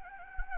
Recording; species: mosquito wingbeat signal from an infrared sensor; Anopheles gambiae